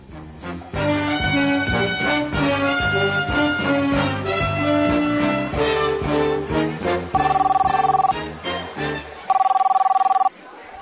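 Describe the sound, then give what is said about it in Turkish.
Steady melodic music gives way to two long, even bursts of an electronic hospital telephone ring, a bright mid-high tone repeating with a short gap between them. “Oh, telefonlar hiç susmak bilmiyor.”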